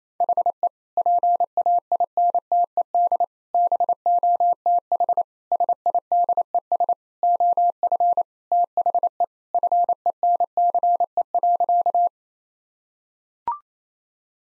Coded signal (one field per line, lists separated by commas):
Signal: Morse code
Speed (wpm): 28 wpm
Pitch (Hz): 700 Hz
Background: none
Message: HE PAINTED BOTH SIDES OF THE FENCE.